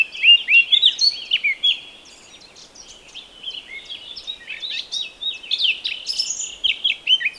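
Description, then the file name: Eurasian blackcap singing, a rich jumbled warble of quick twittering and fluting notes, two strong phrases split by a quieter, softer passage. "Sylvia atricapilla"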